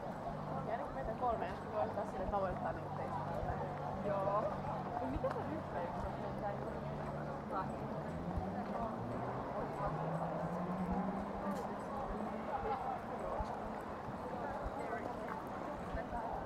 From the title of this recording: Counterclockwise around the White House